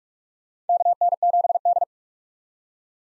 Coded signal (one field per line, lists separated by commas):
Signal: Morse code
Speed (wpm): 45 wpm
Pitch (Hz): 700 Hz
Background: none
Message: KN7D